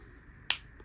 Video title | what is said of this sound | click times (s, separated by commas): How To Replace The Battery in Your Mazda Smart Key Fob | there's the pop and then you can get the rest with your hands | 0.5 s